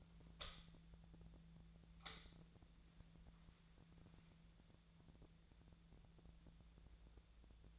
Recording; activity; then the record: daily activity, microphone in the room; light on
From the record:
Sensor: 3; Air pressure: 1009.8 hPa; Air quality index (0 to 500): 190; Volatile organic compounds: 14 ppm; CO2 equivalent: 2474 ppm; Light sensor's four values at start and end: 41/101/43/46 and 46/118/51/53